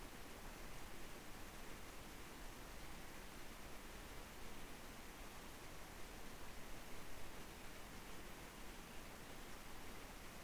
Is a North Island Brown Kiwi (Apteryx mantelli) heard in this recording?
no